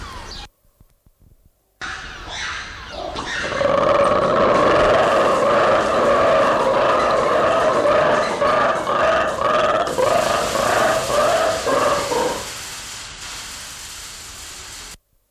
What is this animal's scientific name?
Colobus guereza